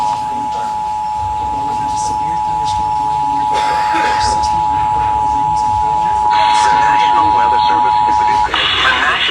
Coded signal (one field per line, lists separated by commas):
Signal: Emergency Alert System (SAME) tones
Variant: 853 and 960 Hz attention tone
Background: speech